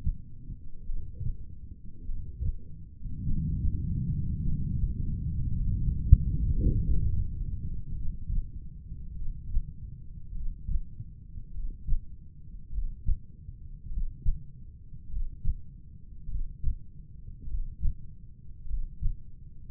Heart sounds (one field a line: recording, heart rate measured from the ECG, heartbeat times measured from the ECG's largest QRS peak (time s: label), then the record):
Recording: heart sounds by stethoscope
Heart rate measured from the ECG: 51 bpm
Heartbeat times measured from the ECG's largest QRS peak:
0.88 s: heartbeat
2.07 s: heartbeat
3.27 s: heartbeat
4.44 s: heartbeat
5.60 s: heartbeat
6.78 s: heartbeat
7.98 s: heartbeat
9.18 s: heartbeat
10.37 s: heartbeat
11.56 s: heartbeat
12.75 s: heartbeat
13.93 s: heartbeat
15.12 s: heartbeat
16.31 s: heartbeat
17.49 s: heartbeat
18.69 s: heartbeat
From the record:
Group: heart failure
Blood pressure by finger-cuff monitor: 109/60 mmHg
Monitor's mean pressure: 76 mmHg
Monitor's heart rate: 50 bpm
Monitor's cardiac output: 4.4 L/min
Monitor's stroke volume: 87 mL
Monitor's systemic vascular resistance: 1310 dyn s/cm5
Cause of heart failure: cardiac sarcoid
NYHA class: 1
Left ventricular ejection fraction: 39%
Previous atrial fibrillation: present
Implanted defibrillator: present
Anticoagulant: apixaban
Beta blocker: carvedilol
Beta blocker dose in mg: 50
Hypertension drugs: ramipril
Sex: male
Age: 79 years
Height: 184 cm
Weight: 92.5 kg